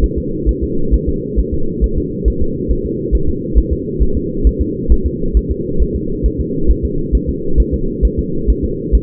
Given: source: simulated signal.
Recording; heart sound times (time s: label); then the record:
fetal heart sounds
0.04 s: S1
0.18 s: S2
0.49 s: S1
0.64 s: S2
0.94 s: S1
1.09 s: S2
1.39 s: S1
1.54 s: S2
1.84 s: S1
1.98 s: S2
2.28 s: S1
2.42 s: S2
2.71 s: S1
2.86 s: S2
3.15 s: S1
3.29 s: S2
3.58 s: S1
3.73 s: S2
4.03 s: S1
4.17 s: S2
4.47 s: S1
4.62 s: S2
4.92 s: S1
5.07 s: S2
5.37 s: S1
5.51 s: S2
5.82 s: S1
5.96 s: S2
6.26 s: S1
6.41 s: S2
6.71 s: S1
6.85 s: S2
7.15 s: S1
7.29 s: S2
7.60 s: S1
7.74 s: S2
8.05 s: S1
8.19 s: S2
8.50 s: S1
8.65 s: S2
8.95 s: S1
From the record:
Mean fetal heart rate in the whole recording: 135 bpm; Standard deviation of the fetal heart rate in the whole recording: 3 bpm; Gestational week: 34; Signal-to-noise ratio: -8.1 dB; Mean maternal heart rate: 72 bpm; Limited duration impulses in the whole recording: absent